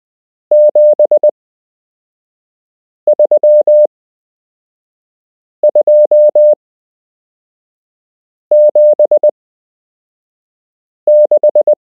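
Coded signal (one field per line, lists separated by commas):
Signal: Morse code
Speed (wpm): 20 wpm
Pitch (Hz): 600 Hz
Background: none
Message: 73276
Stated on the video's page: Beginner Morse code lesson from a structured course, part 7 of 8.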